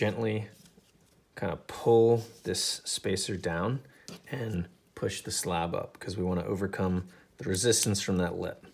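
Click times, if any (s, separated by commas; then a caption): none. Someone talks while gently pulling a Zippy spacer down and pushing the handle slab up on a Fellowship Blades Gaboon balisong knife, working the spacer past the resistance of a lip on the slab. Speech fills the clip with no distinct click. Nothing has seated or snapped into place yet.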